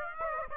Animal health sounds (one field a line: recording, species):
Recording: mosquito wingbeat signal from an infrared sensor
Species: Aedes aegypti